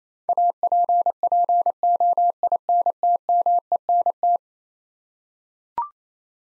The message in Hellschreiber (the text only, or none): none